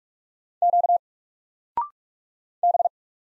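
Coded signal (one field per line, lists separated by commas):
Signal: Morse code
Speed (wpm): 46 wpm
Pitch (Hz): 700 Hz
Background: none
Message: Q B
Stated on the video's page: Single letters in Morse at 45 wpm, each sent, spoken after a 0.6-second pause, then sent again, for instant character recognition.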